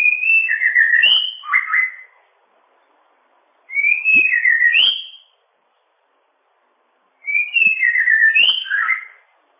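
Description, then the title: Bird song: three short whistled, warbling phrases, repeated about every three and a half seconds. "kikicau"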